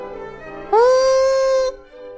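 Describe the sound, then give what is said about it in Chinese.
The big steam locomotive Henry proudly blows its whistle as it pulls up: one loud, steady blast lasting about a second, its bright pitched tone swooping up slightly at the start before holding level, then cutting off into a quiet background. “这时候大火车头亨利开了过来，神气地吹着汽笛。”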